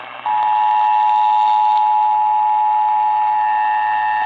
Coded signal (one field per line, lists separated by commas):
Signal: Emergency Alert System (SAME) tones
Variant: 853 and 960 Hz attention tone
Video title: Mother Nature Taking April Fools Too Seriously... | EAS #134-159 (Weather Alerts from 3/31-4/1/2023)